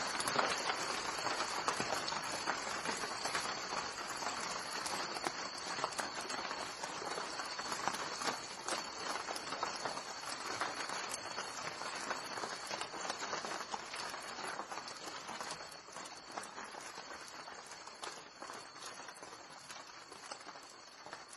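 Rain patters on broad banana leaves, a dense, steady crackle of countless drops spread across the whole clip. A thin, bright whine holds constant high above the rain throughout. The level eases slightly toward the end but the downpour never breaks.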